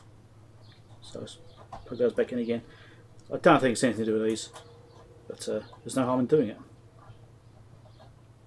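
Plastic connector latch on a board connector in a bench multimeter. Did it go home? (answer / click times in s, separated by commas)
no / none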